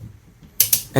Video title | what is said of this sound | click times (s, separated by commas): How to Change Disc Brake | And once you hear the torque wrench click, that means we already reached the 40 Newton meters settings. | 0.6 s, 0.7 s